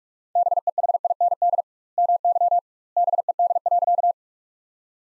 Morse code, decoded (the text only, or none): BEHIND MY BED.